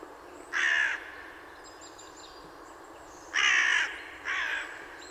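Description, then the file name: Carrion crow giving three harsh, hoarse caws, one early and two close together near the end, over quiet background hiss. "Corvus corone"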